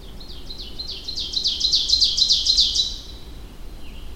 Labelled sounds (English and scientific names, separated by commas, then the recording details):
Ovenbird (Seiurus aurocapilla) song
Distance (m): 10 m
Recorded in boreal forest in Alberta, Canada, on 25 June 2016 at 08:21
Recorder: SongMeter 3, array SBT-6-76
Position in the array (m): 307 m, 74 m
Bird 1